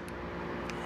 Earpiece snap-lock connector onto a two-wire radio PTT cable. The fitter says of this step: at this point you can just simply snap your snap lock into place and use your 360 or your 260 earpiece at any time